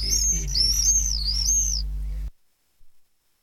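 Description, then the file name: Common swift scream, one drawn-out shrill trill rising and falling in waves for nearly two seconds over a low electrical hum, then quiet. "apus apus"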